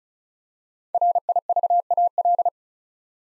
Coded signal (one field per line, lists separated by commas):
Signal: Morse code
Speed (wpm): 36 wpm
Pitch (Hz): 700 Hz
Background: none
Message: RIVAL